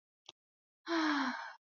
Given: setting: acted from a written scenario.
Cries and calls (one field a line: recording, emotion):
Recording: vocal sound without words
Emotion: serenity